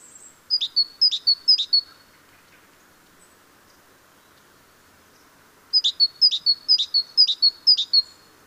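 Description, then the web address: Great tit song: two bouts of high, two-note see-saw phrases, three quick repeats, then a pause and five more, over a faint low hiss. "SETE Parus major"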